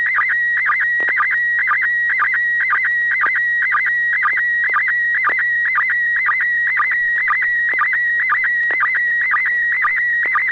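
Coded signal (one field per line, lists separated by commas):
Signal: SSTV (slow-scan television)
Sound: steady high whistling tone, broken twice a second by quick downward chirps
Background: low mains hum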